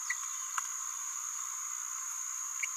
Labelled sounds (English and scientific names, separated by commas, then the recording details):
Green-rumped Parrotlet (Forpus passerinus) babbling
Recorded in a nest box in Venezuela
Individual 18B17A3